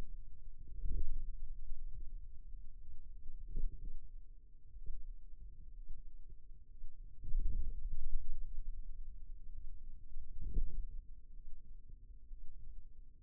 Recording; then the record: forearm muscle sounds (acoustic myography)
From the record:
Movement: wrist extension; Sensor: system 2, bracelet of six BSWA MPA416 microphones around the upper forearm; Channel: 6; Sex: male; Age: 22 years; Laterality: right